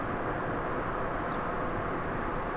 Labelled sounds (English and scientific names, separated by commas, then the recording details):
Eurasian Skylark (Alauda arvensis)
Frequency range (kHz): Eurasian Skylark (Alauda arvensis) 2.8-5.0 kHz
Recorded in France